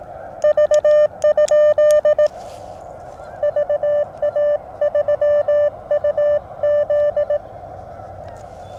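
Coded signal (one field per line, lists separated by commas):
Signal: Morse code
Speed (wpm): 18 wpm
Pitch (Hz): 590 Hz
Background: none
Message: V? VA3UZ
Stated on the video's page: Morse on a POTA activation using a JPC-12 vertical antenna, KX2 at QRP and FT-891 at 50 watts, including a DX contact.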